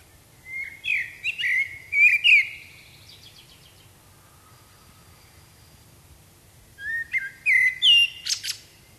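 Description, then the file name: Common blackbird singing two short phrases of low, flute-like whistles that break into thin, high squeaky notes, with a long pause between them. "Turdus merula"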